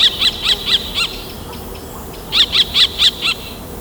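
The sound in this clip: Kestrel calling in two quick series of sharp, shrill notes separated by a brief pause.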